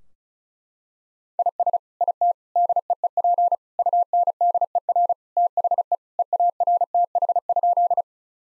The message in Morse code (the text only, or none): IS IT DEEP UNDER THE EARTH?